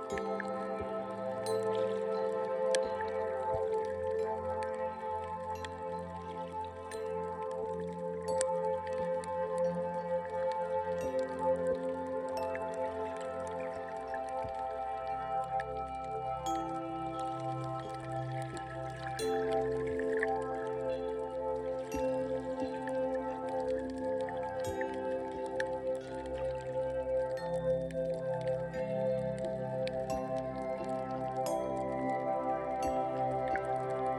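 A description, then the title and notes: Underwater sounds: steady layered humming tones that shift pitch around 14 and 20 seconds, with scattered faint crackling clicks throughout. Underwater Sounds.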